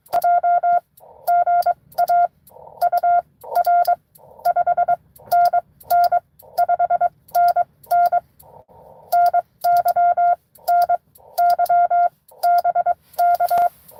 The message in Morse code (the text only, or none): J GA UR 5NN 5NN NY NY BK